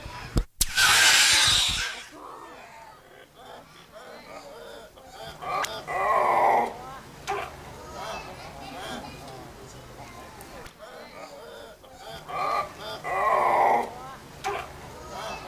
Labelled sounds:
Gelada
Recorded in captivity
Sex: group
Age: adult
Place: Tiergarten Wilhelma/Stuttgart, Baden-Württemberg, DE
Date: 2000-09-24 18:04
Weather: bedeckt, 15°C
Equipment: Nagra SN, Kopie Uher 4000 Report Monitor
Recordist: Tembrock, Günter
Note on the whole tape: Gruppe: diverse Laute, agonistisch und vor Einlaß, technische Probleme (Mikrofonkabel) bei Ansagen

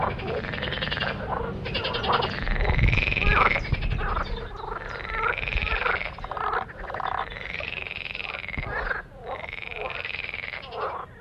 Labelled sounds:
Marsh Frog call
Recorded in the wild
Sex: male
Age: adult
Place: Wernsdorfer See, Brandenburg, DE
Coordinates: 52.3775, 13.7033
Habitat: lake
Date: 1967-05-29
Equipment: Uher 4000 Report L
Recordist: Günther, Rainer

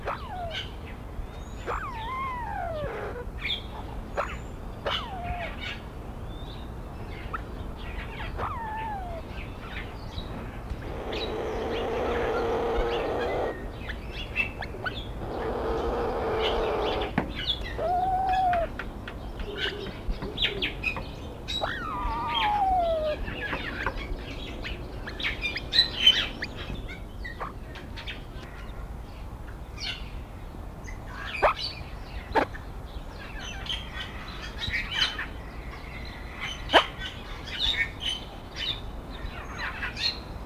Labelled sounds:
Grey Peacock-Pheasant call
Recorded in captivity
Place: Zoo Köln, Nordrhein-Westfalen, DE
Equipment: Halbspur, 9,5 cm/s
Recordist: Lütgens, Hans

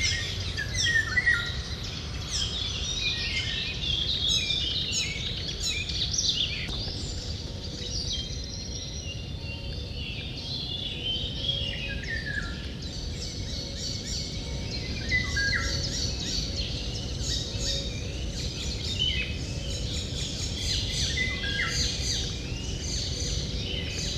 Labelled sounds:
Icterine Warbler song
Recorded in the wild
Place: Petersau, Rheinland-Pfalz, DE
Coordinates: 49.5728, 8.41472
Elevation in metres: 94
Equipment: Uher 4000 Report, Sennheiser MKH 815 T
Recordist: Tretzel, Erwin

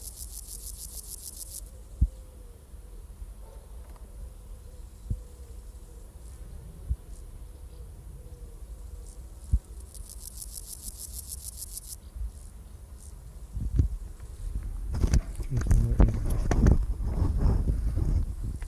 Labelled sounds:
Meadow Grasshopper stridulation
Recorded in the wild
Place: Strausberg, Barnim, Brandenburg, DE
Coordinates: 52.5375, 13.8989
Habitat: meadow
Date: 1989-08-13 18:12
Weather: sonnig, 26°C in Sonne
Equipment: Riporter 6 RG-K, Halbspur, Sennheiser MKH 416 T
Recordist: Frommolt, Karl-Heinz
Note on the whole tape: Annatal, Südhang mit lichter Vegetation: Gesang. Bestimmung rein akustisch

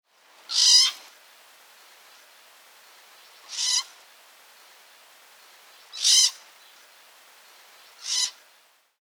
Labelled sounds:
European Pine Marten
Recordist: Tembrock, Günter
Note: Kreischlaute

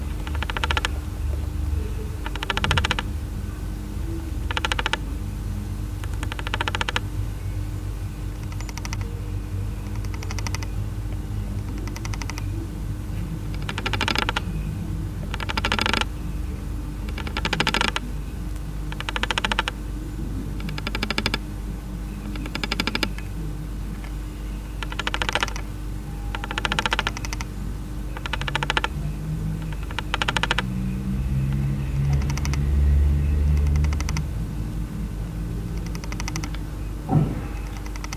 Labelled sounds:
Death-watch Beetle
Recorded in captivity
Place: Zoologisches Institut der HUB, Berlin, DE
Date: 1969-05-13 19:50
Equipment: Uher 4200 Report Stereo, Sennheiser MD 421, Vorverstärker
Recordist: Tembrock, Günter
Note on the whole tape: Fünf Käfer in einem starkwandigen Pappkarton: Klopfrhythmen. Mikrofon unter dem Boden

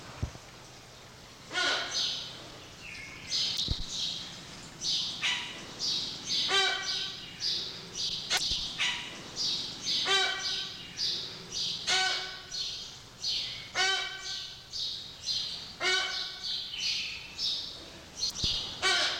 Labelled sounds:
Brown-cheeked Hornbill call
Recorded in captivity
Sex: male
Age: adult
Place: Zoo Berlin, Berlin, DE
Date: 1986-02-07 10:52
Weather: sonnig, -10°C
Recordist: Tembrock, Günter

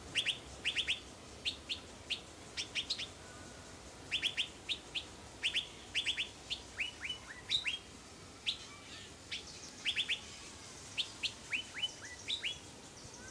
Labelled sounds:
Metallic Starling song
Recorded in captivity
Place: Zoo Berlin, Berlin, DE
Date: 2003-09-18 18:00
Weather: sunny, 23°C
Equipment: Fair Mate ST-1328 (Asahi Electronics, Japan), Sennheiser ME 80, Kopie Uher 4000 Report Monitor
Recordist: Tembrock, Günter

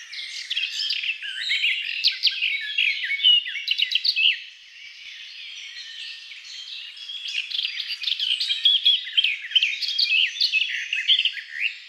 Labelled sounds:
Garden Warbler song
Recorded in the wild
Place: Waltershofen / Freiburg im Breisgau, Baden-Württemberg, DE
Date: 2002-05-19
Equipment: MiniDisc Sharp MT 20 H
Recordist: Schwarz, Dieter

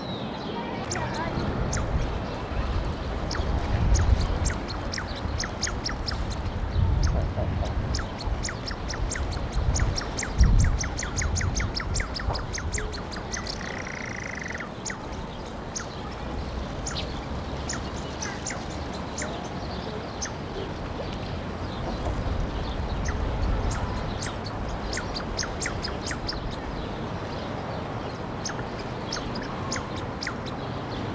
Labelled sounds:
Common Shelduck call
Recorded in captivity
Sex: pair
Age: adult
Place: Zoo Leipzig, Sachsen, DE
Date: 1988-04-28 12:30
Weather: overcast, 12°C
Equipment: Nagra SN, Kopie Tesla B 116
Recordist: Tembrock, Günter

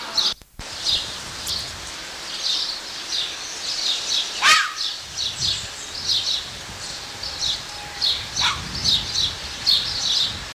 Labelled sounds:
Corsac Fox barking
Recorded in captivity
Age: adult
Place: Zoo Berlin, Berlin, DE
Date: 1984-05-11 14:18
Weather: overcast, 12°C, wind
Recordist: Tembrock, Günter

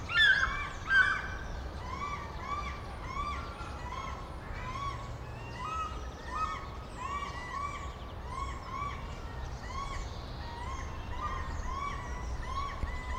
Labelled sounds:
African Fish-eagle
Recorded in captivity
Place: Zoo Berlin, Berlin, DE
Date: 1994-02-11 11:14
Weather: Bedeckt, 4°C
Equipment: Marantz CP 130, Sennheiser ME 80, Kopie Uher Variocord 263
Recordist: Tembrock, Günter

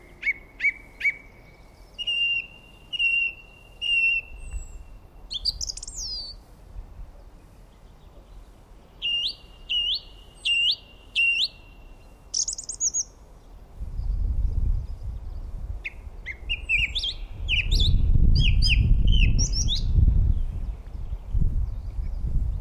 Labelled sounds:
Song Thrush song
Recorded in the wild
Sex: male
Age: adult
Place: Erlangen, Bayern, DE
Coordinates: 49.6086, 10.9697
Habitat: wood
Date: 1962-04-03
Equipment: Stellavox SM 4a, Original, Vollspur
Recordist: Tretzel, Erwin

